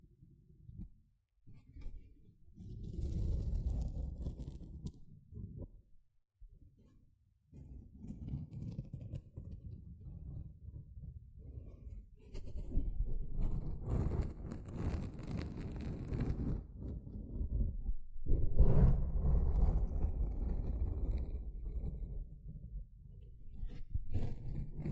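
A sponge is handled in bursts of squishing and scratching, with low, rough rubbing sounds that start and stop irregularly. Quiet gaps break up the first eight seconds, then the scraping grows denser and louder, peaking with a sharper crackling burst near nineteen seconds.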